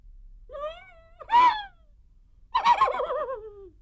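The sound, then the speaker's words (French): A horse whinnies in three bursts with no talking: a short rising cry, a brief sharp call, then a longer, shaky, quavering neigh that slides downward like a sob. “Le cheval pleure.”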